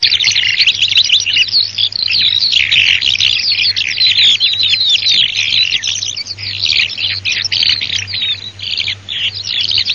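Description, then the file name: Eurasian skylark song, a continuous rapid stream of high warbled, trilled and chirping notes without pause, with a faint low hum underneath. "allodolalucio"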